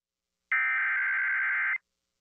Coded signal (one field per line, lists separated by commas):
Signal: Emergency Alert System (SAME) tones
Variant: header bursts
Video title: EARLY SEPTEMBER SVRs... EAS Alerts from 9/7/22 (EAS #1,574-1,593)